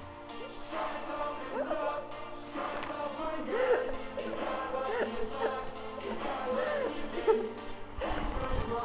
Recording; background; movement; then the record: laughter; music; sitting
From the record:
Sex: female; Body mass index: 18.8 kg/m2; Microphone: on the chest, facing outward